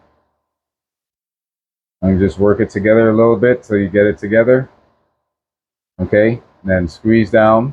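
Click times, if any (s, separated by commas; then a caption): none. The two halves of an inert .68 caliber plastic training round, one half into its mating half, are brought together and worked into alignment before being squeezed down, with the powder filling damping any click. After about two seconds of silence someone talks, pauses, then talks again. Nothing has seated or clicked yet.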